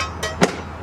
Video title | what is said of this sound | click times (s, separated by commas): Carols Travato | clicks into place has two little pull levers to bring it back down | 0.4 s